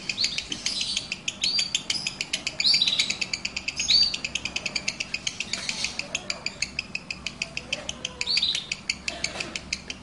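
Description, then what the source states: Lovebird: rapid pulsed trill running throughout, with a few short upward-sweeping whistles. Kept lovebird used as a master singer for other birds; long ngekek-style trill used as a lure call (kicau pancingan).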